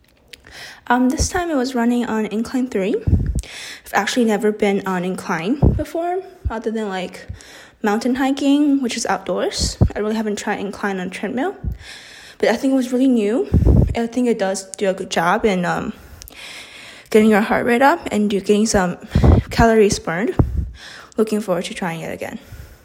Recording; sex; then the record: free speech after running; female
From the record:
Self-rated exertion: moderate exertion (3 of 6); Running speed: 5 miles an hour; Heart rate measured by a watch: 141 beats a minute at the start, 132 at the end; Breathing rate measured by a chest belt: 15 breaths a minute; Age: 18 years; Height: 171 cm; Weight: 75 kg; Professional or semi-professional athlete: no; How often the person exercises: 1 to 2 times a week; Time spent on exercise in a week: under 1 hour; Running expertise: no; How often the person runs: 1 to 2 times a week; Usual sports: running, fencing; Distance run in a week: 3 km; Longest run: 21.3 km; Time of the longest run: 190 minutes